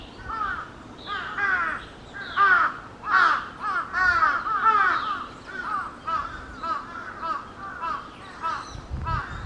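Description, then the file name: Large-billed crow giving many harsh, throaty caws in irregular bursts. Recorded 22 July 2021. "20210722 hashibutogarasu"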